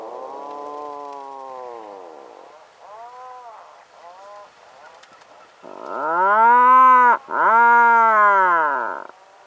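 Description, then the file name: Atlantic puffin uttering a fading groan and a few soft short notes, then two loud, rich arching moans in quick succession. "Canto do papagaio do mar"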